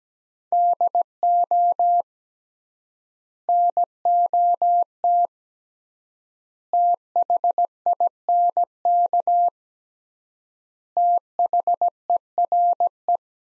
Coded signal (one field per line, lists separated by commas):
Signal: Morse code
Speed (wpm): 17 wpm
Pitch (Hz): 700 Hz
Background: none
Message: DO NOT THINK THERE